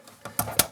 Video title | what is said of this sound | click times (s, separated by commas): How To Install A Rainsworth Matte Black Bathroom Faucet In Your Home. | press up here click it's now good here's the other one press up here click | 0.6 s